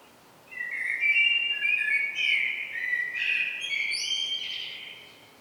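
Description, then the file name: Common blackbird producing a sustained, modulated warble of fluty notes that climbs into higher twittering toward the end before fading; no other clear sounds. "Turdus merula"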